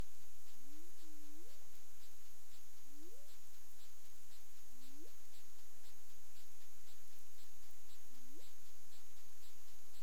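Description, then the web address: Humpback whale calls: short low moans sweeping sharply upward, one with a wavering start, repeated every few seconds over steady hiss and regular ticking noise. Recorded 20 February 2022. "humpback whale 20220220"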